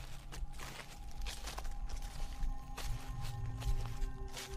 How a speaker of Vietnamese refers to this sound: Đột nhiên từ trước mặt vang lên những tiếng bước chân xào xạo. Những tiếng bước chân dẫm lên lá khô, réo rắt trong đêm tịch mịch.